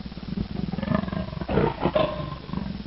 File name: leopard